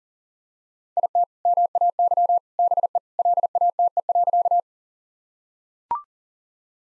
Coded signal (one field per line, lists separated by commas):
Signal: Morse code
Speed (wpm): 40 wpm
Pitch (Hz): 700 Hz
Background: none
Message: IT MAY BE LATE.